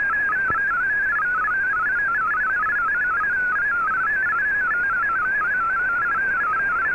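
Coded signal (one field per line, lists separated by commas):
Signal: multi-tone FSK (Olivia or MFSK type)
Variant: MFSK32 or MFSK64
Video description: Here is my decode of the Shortwave Radiogram broadcast today on 15770Khz shortwave radio at 1300UTC in MFSK32 and 64 and with 9 SSTV images.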